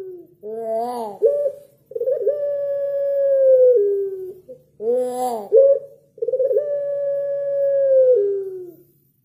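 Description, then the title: Barbary dove cooing: a short arched note followed by a long, steady, slightly falling coo, repeated twice with brief pauses and a faint low hum beneath. Training (masteran) recording of a white Barbary dove made to teach songbirds. "Masteran Burung Puter Putih"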